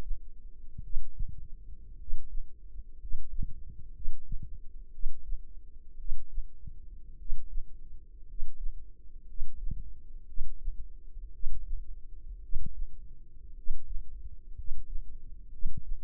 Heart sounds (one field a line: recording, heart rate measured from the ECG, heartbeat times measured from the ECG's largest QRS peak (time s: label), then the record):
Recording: heart sounds by microphone in the left ear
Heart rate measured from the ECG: 57 bpm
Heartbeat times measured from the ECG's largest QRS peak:
0.80 s: heartbeat
1.95 s: heartbeat
2.96 s: heartbeat
3.91 s: heartbeat
4.89 s: heartbeat
5.95 s: heartbeat
7.15 s: heartbeat
8.24 s: heartbeat
9.24 s: heartbeat
10.24 s: heartbeat
11.30 s: heartbeat
12.39 s: heartbeat
13.53 s: heartbeat
14.53 s: heartbeat
15.48 s: heartbeat
From the record:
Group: healthy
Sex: male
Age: 25 years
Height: 170 cm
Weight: 70.4 kg